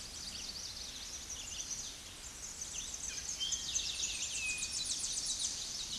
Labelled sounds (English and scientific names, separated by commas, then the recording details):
Tennessee Warbler (Leiothlypis peregrina) song
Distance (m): 35 m
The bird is about 15 m above the microphone
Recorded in a Pennsylvania forest on 16 May 2024 at 08:28
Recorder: AudioMoth, point MSD-0508
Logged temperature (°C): 15.5 °C
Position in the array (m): 66 m, 165 m